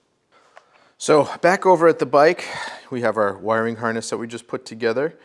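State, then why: Seated. A plastic push pin is pushed back into its mounting hole on the end of the part and snaps in, with a short, sharp click at 0.6 s. Afterward, someone talks.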